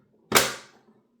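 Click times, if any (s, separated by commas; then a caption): 0.4 s. An AOC Q27G4SDR 360Hz QD-OLED gaming monitor panel is pressed onto its stand mounting bracket. A single sharp, bright snap is heard at 0.4 s, trailing off quickly into quiet. The panel locks into place and is seated on the stand.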